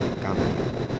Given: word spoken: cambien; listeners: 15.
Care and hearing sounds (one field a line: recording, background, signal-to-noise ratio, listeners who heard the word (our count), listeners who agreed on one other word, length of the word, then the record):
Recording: one Spanish word in noise, from a listening test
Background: noise modulated by three-talker babble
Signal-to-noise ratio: -7.0 dB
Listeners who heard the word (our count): 0 of 15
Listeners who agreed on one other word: 8 of 15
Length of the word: 0.59 s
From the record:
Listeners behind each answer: 8, 2, 2, 1, 1, 1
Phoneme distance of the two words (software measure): 17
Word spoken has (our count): 2 syllables, 7 phonemes, stress on syllable 1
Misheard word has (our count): 2 syllables, 6 phonemes, stress on syllable 1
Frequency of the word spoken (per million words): 2.80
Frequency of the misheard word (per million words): 306.85